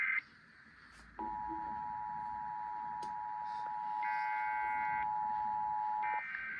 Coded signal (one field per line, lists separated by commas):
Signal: Emergency Alert System (SAME) tones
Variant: 853 and 960 Hz attention tone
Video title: EAS 5722-5725 KDKA EAS TEST FROM 05/19/24